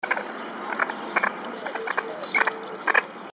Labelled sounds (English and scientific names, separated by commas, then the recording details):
Eurasian Teal (Anas crecca)
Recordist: Tembrock, Günter
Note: Rufe eines Weibchens